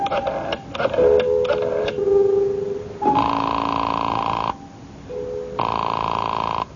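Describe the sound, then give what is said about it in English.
A man's home telephone number is dialed in a quick series of short electronic tones, followed by two long, buzzy rings separated by a pause. No one speaks. “I had an uneasy feeling in the pit of my stomach as I went to a phone and dialed my number and waited for it to ring.”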